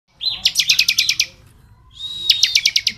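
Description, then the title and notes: Bar-winged prinia: two phrases, each a short whistled lead-in followed by quick, ringing buzzy notes, with a pause between. Ngebren song style, used as training audio for oriental magpie-robins. "Ciblek Ngebren Untuk Masteran Murai Batu. Suara Nada"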